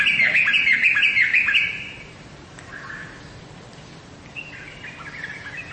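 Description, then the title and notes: Bird giving a quick run of high chirps for about two seconds, then only soft, scattered faint notes over a quiet background. "Bird Sound. Kicau Burung Lengkap"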